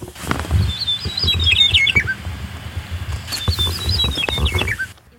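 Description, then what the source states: Western Meadowlark song: two bright phrases of clear whistled notes sliding down into a quick warble, one early and one later, over low rumbling and patter noise. Prairie and grassland species; played as a mystery sound.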